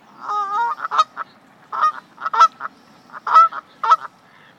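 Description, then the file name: Canada goose honking: a drawn-out wavering call, then a series of short honks at irregular intervals. "Various Birds - Canada Goose"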